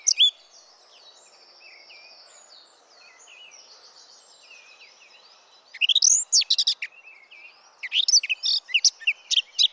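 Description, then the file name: Eurasian blackcap song, loud fluty, chattering phrases bursting out after several seconds of faint background bird twittering, one brief note at the start. "Sylvia atricapilla"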